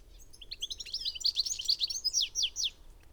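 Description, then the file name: European goldfinch twittering in a dense, rapid tumble of bright, chattering notes for about two seconds. "Carduelis carduelis"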